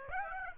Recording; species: mosquito wingbeat signal from an infrared sensor; Aedes aegypti